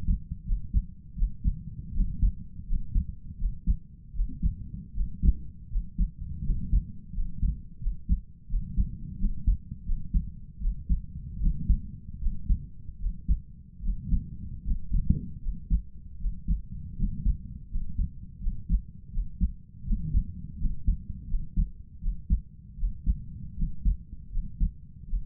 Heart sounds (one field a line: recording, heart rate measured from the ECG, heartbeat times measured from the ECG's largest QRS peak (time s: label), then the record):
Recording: heart sounds by stethoscope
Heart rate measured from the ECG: 80 bpm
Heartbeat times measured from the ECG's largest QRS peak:
0.44 s: heartbeat
1.15 s: heartbeat
1.92 s: heartbeat
2.65 s: heartbeat
3.37 s: heartbeat
4.12 s: heartbeat
4.92 s: heartbeat
5.68 s: heartbeat
6.42 s: heartbeat
7.12 s: heartbeat
7.78 s: heartbeat
8.47 s: heartbeat
9.17 s: heartbeat
9.84 s: heartbeat
10.59 s: heartbeat
11.38 s: heartbeat
12.19 s: heartbeat
12.97 s: heartbeat
13.80 s: heartbeat
14.62 s: heartbeat
15.39 s: heartbeat
16.17 s: heartbeat
16.95 s: heartbeat
17.68 s: heartbeat
18.39 s: heartbeat
19.10 s: heartbeat
19.83 s: heartbeat
20.57 s: heartbeat
21.26 s: heartbeat
21.99 s: heartbeat
22.76 s: heartbeat
23.54 s: heartbeat
24.29 s: heartbeat
25.06 s: heartbeat
From the record:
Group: healthy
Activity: rest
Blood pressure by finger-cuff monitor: 89/58 mmHg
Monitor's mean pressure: 67 mmHg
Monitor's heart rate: 81 bpm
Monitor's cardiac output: 5.3 L/min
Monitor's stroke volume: 64 mL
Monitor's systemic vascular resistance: 890 dyn s/cm5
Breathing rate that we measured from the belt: 22 breaths a minute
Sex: male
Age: 22 years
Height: 181 cm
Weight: 60 kg